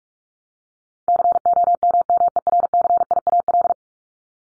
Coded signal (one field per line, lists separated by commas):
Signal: Morse code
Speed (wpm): 44 wpm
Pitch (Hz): 700 Hz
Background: none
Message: COMMERCIAL